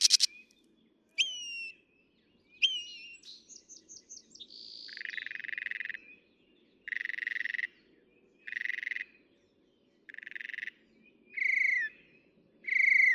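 Northern mockingbird song: quick whistles and a trill, then a run of broad, harsh notes repeated every one to two seconds.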